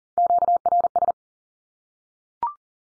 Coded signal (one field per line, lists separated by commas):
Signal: Morse code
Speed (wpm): 38 wpm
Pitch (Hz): 700 Hz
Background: none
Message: QRS